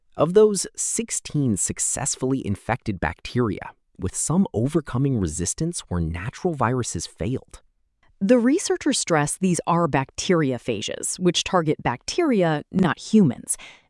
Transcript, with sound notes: Of those, 16 successfully infected bacteria, with some overcoming resistance where natural viruses failed.
[with emphasis] The researchers stress these are bacteriophages, which target bacteria, not humans.